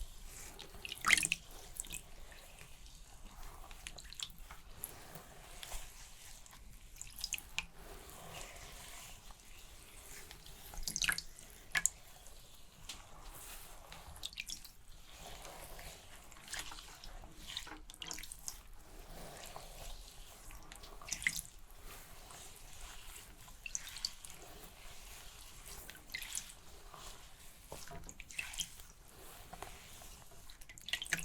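Shampooing and hair brushing: wet lathering and scrubbing with frequent crisp bright bursts, louder spikes near 1, 11 and 15 seconds, water trickling throughout.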